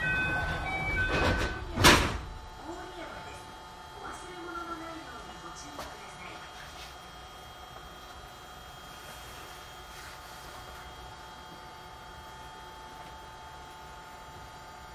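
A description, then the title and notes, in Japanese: A ride aboard a JR 221 series train from Nara to JR Namba. A thin steady tone and rumble open the clip, then a loud sharp clatter comes at about two seconds. After that a quiet, even running hum with faint whining tones holds to the end. JR221系 奈良→JR難波。関西本線（大和路線）で録音をしました。車体は普通鋼製である。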